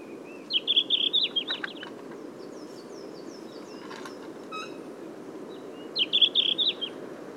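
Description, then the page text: Red-flanked bluetail song: a short, high, warbling phrase of quick twittering notes, given twice about five seconds apart, with faint thin notes between. "Синехвостка - (лат. Tarsiger cyanurus), Patrick Franke"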